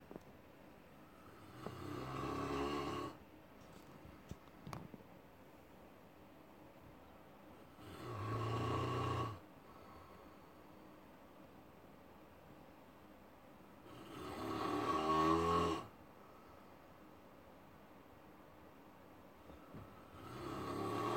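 Snoring from an adult sleeper: four loud, low rasping snores come on inhalation roughly every six seconds, with quiet pauses between them.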